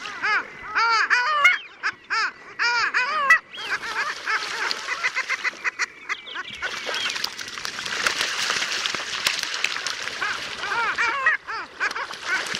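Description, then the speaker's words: Long-tailed Ducks calling: a chorus of nasal, yodelling honks, several birds overlapping in rising and falling notes, with a busy wash of calls toward the end. Presented as the sound of the Arctic far north, where the long-tailed duck breeds and is not rare. "So klingt's im hohen Norden, wo die dort gar nicht so seltene Eisente brütet."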